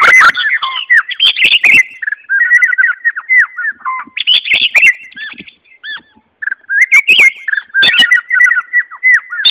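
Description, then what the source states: White-rumped shama song, sweet whistled phrases and rapid trills with occasional harsh bursts, separated by short pauses. Song, Malaysia.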